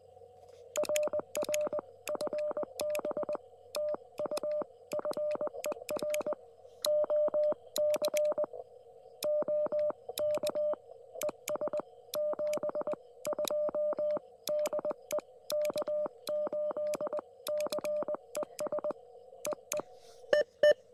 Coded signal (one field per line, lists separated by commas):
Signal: Morse code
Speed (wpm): 20 wpm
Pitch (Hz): 590 Hz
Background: radio noise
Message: RR FB TU FER OC OK ES 72 DE K8CES EE EE